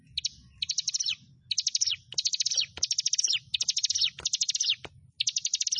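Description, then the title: Bar-winged prinia: a series of quick, high pulsed phrases delivered back to back, interspersed with sharp clicks. "Ciblek Sawah 1"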